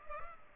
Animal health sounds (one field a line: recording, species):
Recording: mosquito wingbeat signal from an infrared sensor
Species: Culex pipiens